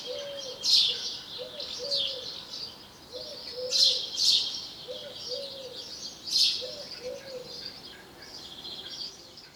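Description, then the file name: House sparrow chirps, a busy background of thin notes with a few louder harsh chirps standing out, and low two-part notes recurring every couple of seconds. "Passer domesticus"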